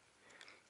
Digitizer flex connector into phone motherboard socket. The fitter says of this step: just snap right in place very easy put